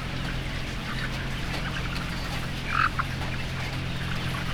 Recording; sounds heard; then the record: poultry house recording; healthy chickens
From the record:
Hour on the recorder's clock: 18